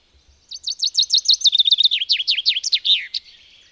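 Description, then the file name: Common chaffinch delivering a single song: rapid, ringing down-slurred notes that drop and quicken into a lower rattle before a final flourish, over a quiet background. "erdei pinty"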